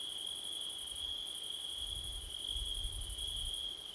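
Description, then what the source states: Crickets keep up a continuous high trill while low gusts of wind rumble underneath in the second half. Crickets on a September night with wind, captured with a Blumlein microphone pair.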